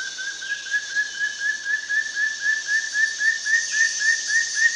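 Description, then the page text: Moustached hawk-cuckoo giving a rapid series of short, upslurred whistles near the same pitch, about four per second, over a steady hiss of insects. Recorded at Danum, Borneo, 2008. "Moustached Hawk-cuckoo at Danum by EDWARDS, David"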